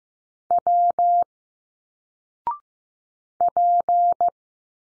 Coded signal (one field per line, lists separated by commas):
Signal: Morse code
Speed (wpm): 15 wpm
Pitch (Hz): 700 Hz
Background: none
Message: W P